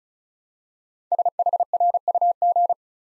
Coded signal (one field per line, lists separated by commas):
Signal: Morse code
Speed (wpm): 36 wpm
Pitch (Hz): 700 Hz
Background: none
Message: SHRUG